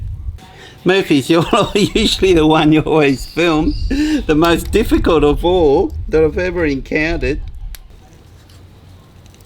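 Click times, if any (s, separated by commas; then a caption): none. Someone talks while handling the two plastic halves of an Anderson-style DC power plug, pushing one toward its mating plug during a 12-volt dual battery install. After the talking stops, there is a short sharp tick near 7.8 s and faint handling noises. The plug has not yet seated or clicked into place.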